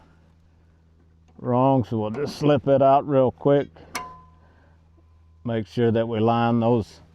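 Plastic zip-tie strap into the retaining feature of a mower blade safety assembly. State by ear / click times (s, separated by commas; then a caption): not seated / none. Someone talks while handling a plastic zip-tie style strap at the retaining feature of a mower blade safety assembly, lining it up after pulling out one that went in wrong. A low steady hum runs underneath, and a brief sharp sound comes at about 4.0 s between the phrases. The strap has not clicked in or seated yet.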